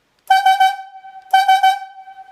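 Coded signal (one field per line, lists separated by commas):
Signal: whistle signal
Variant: logging yarder whistle signals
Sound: a horn toots three short blasts, pauses briefly, then three more short blasts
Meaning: Ahead easy on skidding line with slack haul back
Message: 3-3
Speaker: Ahead easy on skidding line with slack haul back is going to sound like this. 3 and 3.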